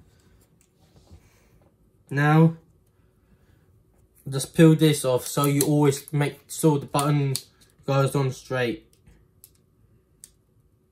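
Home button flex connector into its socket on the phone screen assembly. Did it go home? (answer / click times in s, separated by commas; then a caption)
yes / 9.4 s, 10.2 s. Someone talks while the home button's ribbon flex connector is pressed onto its board socket inside an iPhone 6 screen assembly. Two sharp clicks come at 9.4 s and 10.2 s as the connector clicks in and seats.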